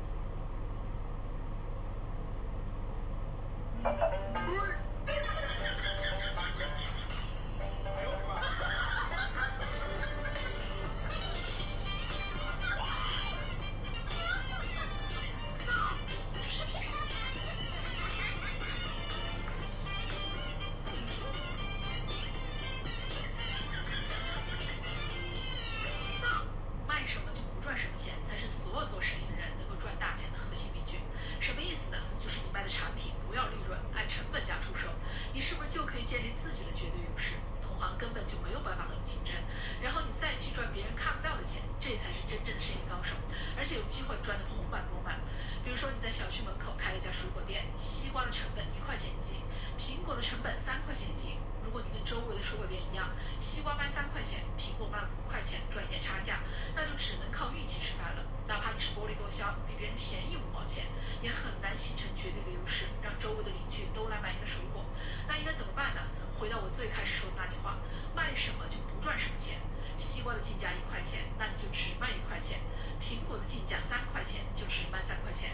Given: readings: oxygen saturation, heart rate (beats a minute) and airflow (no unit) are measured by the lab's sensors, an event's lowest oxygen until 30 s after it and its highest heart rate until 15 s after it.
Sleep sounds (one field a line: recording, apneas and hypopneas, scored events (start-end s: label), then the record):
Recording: a person awake in a sleep study, by a smartphone at the bedside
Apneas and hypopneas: none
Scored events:
0.00-75.54 s: awake
From the record:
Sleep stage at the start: awake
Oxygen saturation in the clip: 92 to 95%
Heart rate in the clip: 55 to 66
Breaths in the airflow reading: 25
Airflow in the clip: -6.8 to 6.9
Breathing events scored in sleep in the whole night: 476 in 9.7 hours asleep